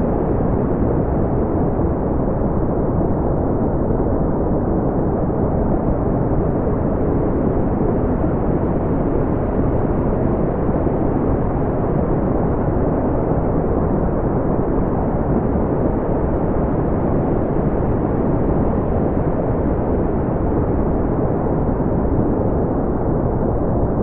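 A steady wash of brown noise, dense and unbroken for the whole clip. The sound is deep and rumbling, weighted toward the low end with the top muffled away, like surf or engine roar. Its level holds constant, with no events or background sounds.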